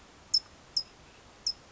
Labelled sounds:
California Towhee
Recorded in Sonoma County, California

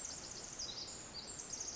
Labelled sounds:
Pacific Wren
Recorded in Sonoma County, California

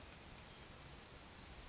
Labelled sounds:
Western Flycatcher
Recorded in Sonoma County, California

